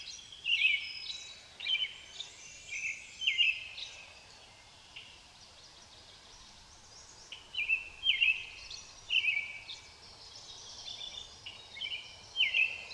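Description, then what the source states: Common blackbird song: a run of bright warbled phrases, a quiet gap of a few seconds, then another run of similar phrases about once a second. Blackbirds, plural, at Amos Pond in the countryside.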